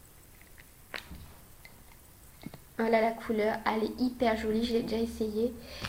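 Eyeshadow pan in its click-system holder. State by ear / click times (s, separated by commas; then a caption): released / 1.0 s. A refillable click-system eyeshadow pan, shade 252 Infinity, is pressed in its plastic holder and gives a small sharp click at 1.0 s as it comes free, followed by faint handling sounds as it is lifted out. From about 2.8 s, someone talks.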